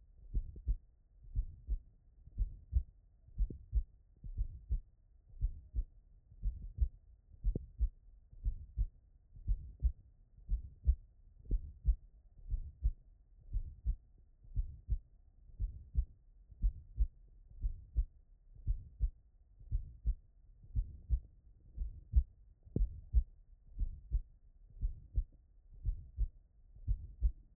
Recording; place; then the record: heart sounds by stethoscope; tricuspid valve (TV)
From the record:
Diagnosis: HFrEF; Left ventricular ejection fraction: 28%